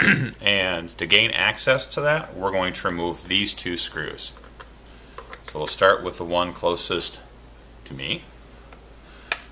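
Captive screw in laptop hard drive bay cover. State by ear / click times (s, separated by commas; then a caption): released / 9.3 s. Someone talks while unscrewing a captive screw on the hard drive bay cover of a Compaq CQ60 laptop, with a few faint small ticks as it turns. At 9.3 s a sharp click sounds as the threads disengage and the screw comes free, staying held in the cover by its capture device.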